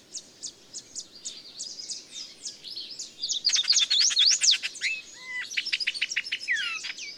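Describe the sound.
Birds singing: rapid high chirps at first, then a loud fast trill near the middle, followed by sharp downslurred whistles and twittering from several birds.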